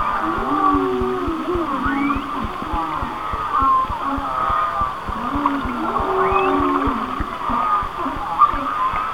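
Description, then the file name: Whale song in two matching phrases of wavering, looping moans and upsweeps, accompanied by dense rhythmic clicks and a steady whine. "Whale Songs"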